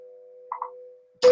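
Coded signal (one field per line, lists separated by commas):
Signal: radio time signal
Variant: WWV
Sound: steady low tone with two quick ticks, then a sudden burst of loud static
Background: radio static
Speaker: the first mysterious things that you'll probably come across on short wve is time signal stations like WWV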